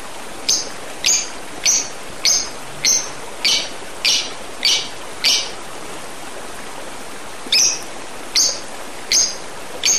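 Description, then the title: Oriental magpie-robin repeating crisp high notes at a brisk, even pace, a short gap, then the series resumes, against a steady hissing background. "Kicau Kacer"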